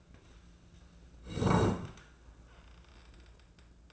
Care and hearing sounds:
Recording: daily activity, microphone in the room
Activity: sit down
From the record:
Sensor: 2

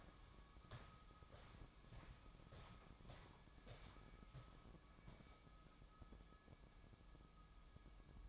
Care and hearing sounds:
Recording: daily activity, microphone in the room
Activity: walk to room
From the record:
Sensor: 1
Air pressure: 1008.2 hPa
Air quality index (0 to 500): 138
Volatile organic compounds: 2 ppm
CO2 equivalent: 1161 ppm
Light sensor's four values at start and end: 10/23/9/10 and 10/24/10/10

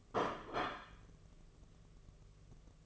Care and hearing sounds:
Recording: daily activity, microphone in the room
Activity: place plate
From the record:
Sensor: 4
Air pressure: 1016.0 hPa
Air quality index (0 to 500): 207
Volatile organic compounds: 13 ppm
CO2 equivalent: 2387 ppm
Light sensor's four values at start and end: 12/27/11/10 and 12/27/11/10

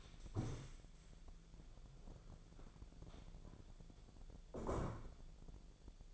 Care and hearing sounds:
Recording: daily activity, microphone in the room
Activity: stand up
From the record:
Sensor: 5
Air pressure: 1000.5 hPa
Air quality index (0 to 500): 144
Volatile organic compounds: 2 ppm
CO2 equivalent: 1112 ppm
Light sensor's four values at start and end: 47/110/46/48 and 47/110/46/49

